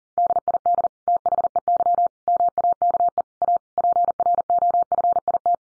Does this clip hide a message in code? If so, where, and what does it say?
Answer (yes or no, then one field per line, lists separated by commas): yes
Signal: Morse code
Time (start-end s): 0.2-5.5 s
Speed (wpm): 40 wpm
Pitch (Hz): 700 Hz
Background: none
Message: DID THEY MAKE A PROFIT